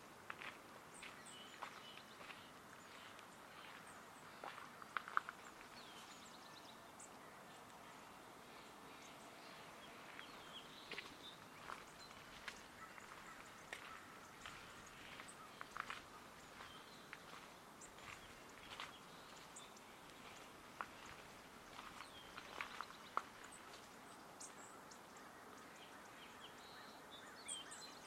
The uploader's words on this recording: The raw field recording without an original musical score. Recorded January 22, 2022 at Dharma Rain Zen Center along the various footpaths open to the public.